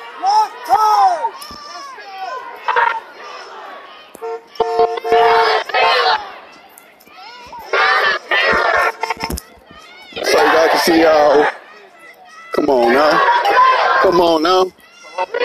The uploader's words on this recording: Niagara Square Protest in Downtown Buffalo. Protest in response to Police Brutality in the City of Buffalo.